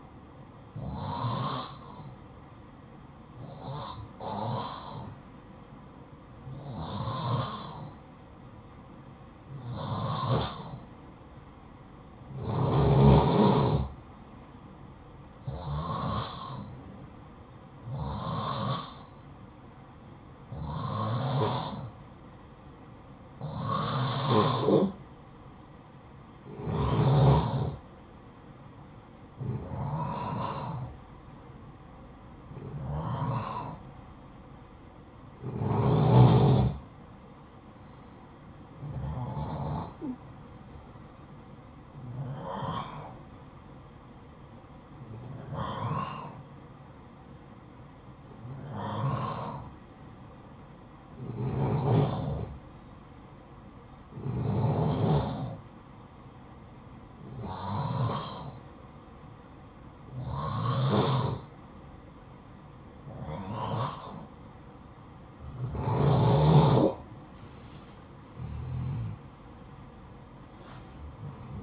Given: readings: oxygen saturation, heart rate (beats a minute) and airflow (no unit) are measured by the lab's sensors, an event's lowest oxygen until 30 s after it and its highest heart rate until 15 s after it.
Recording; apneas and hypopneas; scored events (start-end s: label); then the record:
breathing in sleep by a smartphone at the bedside; none
56.00-71.63 s: new sleep stage, N1 (lightest sleep)
From the record:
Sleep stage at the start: N2 (light sleep); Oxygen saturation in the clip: 87 to 93%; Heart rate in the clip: 52 to 71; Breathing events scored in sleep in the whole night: 573 in 9.8 hours asleep